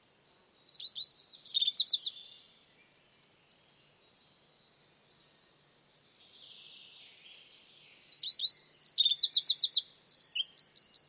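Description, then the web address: Bird singing two bursts of high, rapid twittering with quick repeated upslurred notes, separated by several seconds of near silence with a faint hiss. "Bird Only"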